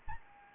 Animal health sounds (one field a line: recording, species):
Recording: mosquito wingbeat signal from an infrared sensor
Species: Anopheles gambiae